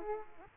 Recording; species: mosquito wingbeat signal from an infrared sensor; Aedes aegypti